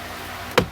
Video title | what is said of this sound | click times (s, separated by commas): Ford Territory Cabin Air Filter install, The ultimate carbon air-purifying system | until they click at the bottom, | 0.6 s